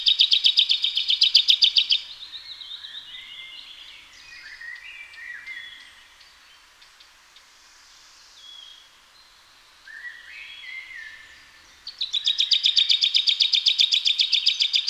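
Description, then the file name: Common chaffinch: two bursts of rapid, regular sharp notes at start and end, with quieter varied whistles and chirps between. "Fringilla coelebs"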